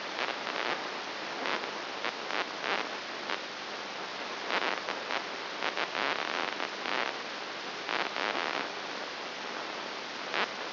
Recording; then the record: brain microelectrode recording played as sound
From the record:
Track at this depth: inside the subthalamic nucleus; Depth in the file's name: 3.901 mm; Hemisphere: right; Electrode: 3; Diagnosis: Parkinson's disease